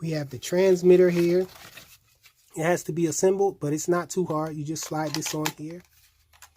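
Someone talks while a plastic part, the transmitter wheel, is slid onto the RC car transmitter of a Turbo Racing 1/76 C71 sports car during assembly. Two short clicks at 6.4 s and 6.4 s follow the speech as the wheel snaps home and seats in place.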